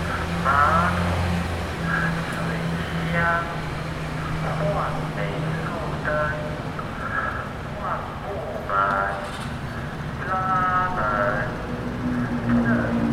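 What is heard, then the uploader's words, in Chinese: A repair van's loudspeaker plays a recorded spoken announcement outside, the voice repeating in short bursts over a steady low engine hum. The level stays fairly constant through the clip, with street traffic murmuring in the background. 修理門窗廣播聲。在某天的早上,隱約在睡夢中聽到有修理紗窗的廣播聲。那修理的工作車就在外頭。這的確是台灣很道地的聲音。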